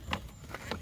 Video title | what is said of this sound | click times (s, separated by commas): Replace the Heat & AC Blower Motor | to put this panel back in there's two tabs going to the back and then spring three spring clips that pop into place | 0.1 s, 0.5 s, 0.7 s